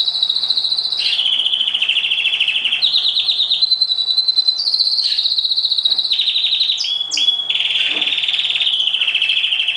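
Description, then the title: Oriental magpie-robin song, a continuous fast chattering run of varied high notes with buzzy trills and sudden pitch jumps, barely pausing. "Kicau Kacer Durasi Panjang 1jam Lebih"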